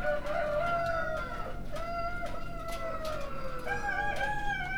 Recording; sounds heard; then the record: poultry house recording; healthy chickens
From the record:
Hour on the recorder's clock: 1